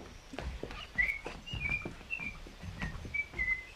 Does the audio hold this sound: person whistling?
yes